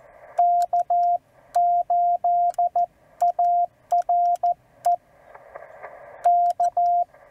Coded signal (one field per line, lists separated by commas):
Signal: Morse code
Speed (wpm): 14 wpm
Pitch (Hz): 690 Hz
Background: radio noise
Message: K8ARE K